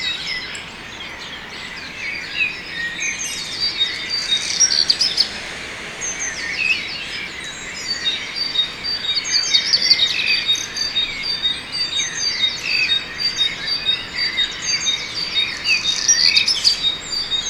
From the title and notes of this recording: A very birdy morning in Tübingen last spring. Ends with a cacophony of various species about half an hour after sunrise.